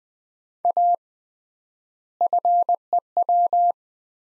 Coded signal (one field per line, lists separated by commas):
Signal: Morse code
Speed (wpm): 20 wpm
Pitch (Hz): 700 Hz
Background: none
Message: A FEW